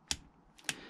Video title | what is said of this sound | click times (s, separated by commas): Tutorial Torque and degree dial gauge Big End and Main Bearings Vivaro | and there's the click so therefore we now know that's tightened to the 25 newton meters | 0.1 s